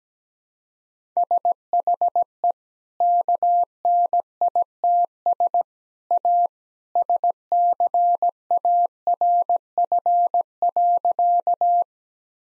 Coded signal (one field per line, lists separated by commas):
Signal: Morse code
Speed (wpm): 17 wpm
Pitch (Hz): 700 Hz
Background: none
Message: SHE KNITS A SCARF.